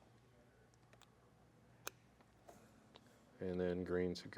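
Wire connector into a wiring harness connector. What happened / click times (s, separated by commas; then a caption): The wire connector clicked home / 1.9 s. A blue plastic wire connector is pushed into its mate on another wiring harness during a tailgate lock actuator install. It seats with one sharp click at 1.9 s among a few fainter ticks. Someone talks from about 3.4 s.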